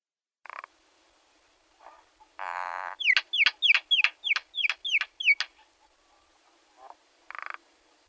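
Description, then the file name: Common myna giving harsh rasping notes, then a fast series of sharp descending whistled calls, followed by more scattered rasps. "mayna-golos onbird ru"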